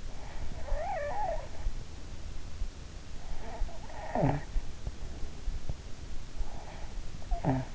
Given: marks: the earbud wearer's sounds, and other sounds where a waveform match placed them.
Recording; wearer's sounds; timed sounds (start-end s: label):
sounds in sleep by an in-ear microphone; snoring breath, teeth grinding
0.10-1.94 s: snoring breath
3.23-5.53 s: snoring breath
4.70-5.82 s: teeth grinding
6.30-7.75 s: snoring breath